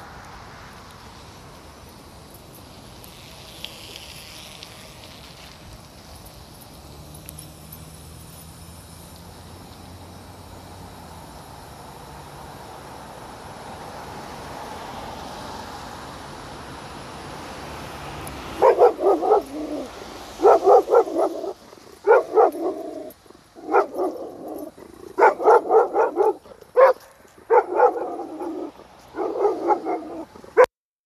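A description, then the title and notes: A dog walk: soft steady rumble with faint low humming for eighteen seconds, then a dog barks repeatedly in loud bursts until the end. Dog walk.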